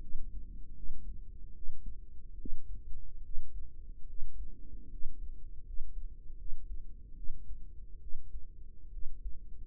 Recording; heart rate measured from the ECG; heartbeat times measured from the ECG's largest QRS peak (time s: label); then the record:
heart sounds by microphone in the right ear; 74 bpm
0.74 s: heartbeat
1.53 s: heartbeat
2.36 s: heartbeat
3.21 s: heartbeat
4.05 s: heartbeat
4.88 s: heartbeat
5.63 s: heartbeat
6.36 s: heartbeat
7.14 s: heartbeat
7.98 s: heartbeat
8.90 s: heartbeat
From the record:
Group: healthy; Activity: rest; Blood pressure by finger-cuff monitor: 117/60 mmHg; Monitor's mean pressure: 75 mmHg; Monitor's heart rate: 75 bpm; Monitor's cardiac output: 6.7 L/min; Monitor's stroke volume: 75 mL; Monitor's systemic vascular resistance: 760 dyn s/cm5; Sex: female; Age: 32 years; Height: 168 cm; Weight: 61.9 kg